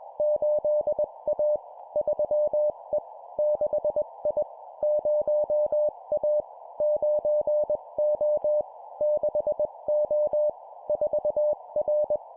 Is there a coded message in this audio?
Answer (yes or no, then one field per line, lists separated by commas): yes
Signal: Morse code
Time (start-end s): 0.2-12.2 s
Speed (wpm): 21 wpm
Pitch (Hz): 600 Hz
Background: none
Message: 8A 3E 6I 0A 9O 6O 4R